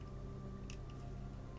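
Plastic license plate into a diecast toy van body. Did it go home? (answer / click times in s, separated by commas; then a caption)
no / none. A small plastic license plate is handled and pried toward the body of a Majorette n° 244 Volkswagen T2 diecast toy van after its headlights have been slid in. Over a steady low, tonal background hum, there is one brief sharp tick at 0.7 s and a few faint light handling sounds. Nothing has seated or clicked yet; the plate is not yet home.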